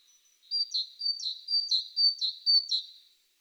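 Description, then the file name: Great tit giving a rapid series of about five bright two-note phrases, high then lower, repeated evenly before stopping; background otherwise quiet. "Parus major"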